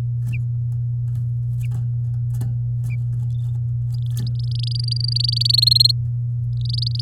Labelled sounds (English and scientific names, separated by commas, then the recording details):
Domestic Canary (Serinus canaria) song
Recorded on 7 May 2018 at 14:17
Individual llb16